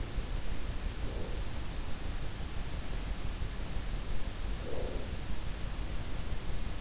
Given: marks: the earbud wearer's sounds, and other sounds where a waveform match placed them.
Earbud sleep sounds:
sounds in sleep by an in-ear microphone; breath
0.66-1.77 s: breath
4.26-5.55 s: breath

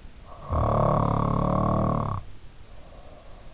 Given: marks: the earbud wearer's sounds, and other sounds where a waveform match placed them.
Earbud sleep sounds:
sounds in sleep by an in-ear microphone; snoring breath
0.10-3.53 s: snoring breath

